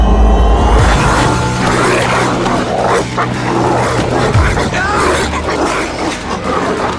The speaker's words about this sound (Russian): Испустив боевой клич, Дженнингс замахнулся ломиком на вожака стаи, и собаки тут же кинулись на них.